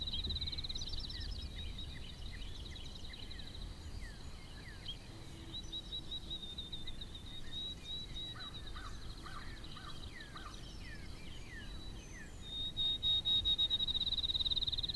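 Sparrows chirping in a dense, overlapping chatter of short notes, with a steady high whine running through most and low rumbling noise underneath.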